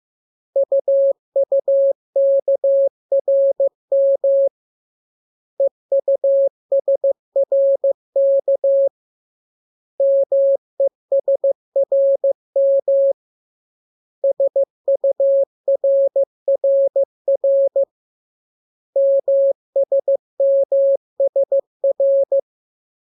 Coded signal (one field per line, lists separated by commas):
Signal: Morse code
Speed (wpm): 15 wpm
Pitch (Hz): 550 Hz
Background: none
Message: UUKRM EUSRK MESRM SURRR MSMSR